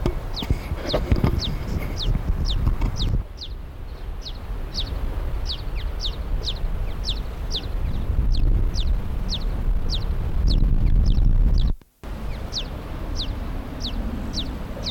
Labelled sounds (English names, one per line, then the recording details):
Eurasian Tree Sparrow call
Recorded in the wild
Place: Eutin, Holsteinische Schweiz, Schleswig-Holstein, DE
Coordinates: 54.132, 10.614
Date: 1992-09-11 14:01
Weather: sonnig, 15-22°C
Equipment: Marantz CP 430, Sennheiser ME 80, Kopie Tesla B 116
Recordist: Tembrock, Günter
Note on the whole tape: Bentheimer Hof; Lautfolgen